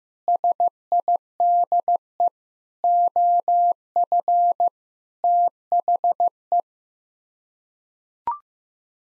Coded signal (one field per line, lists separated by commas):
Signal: Morse code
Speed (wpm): 16 wpm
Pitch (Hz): 700 Hz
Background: none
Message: SIDE OF THE